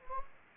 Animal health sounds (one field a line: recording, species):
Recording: mosquito wingbeat signal from an infrared sensor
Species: Anopheles gambiae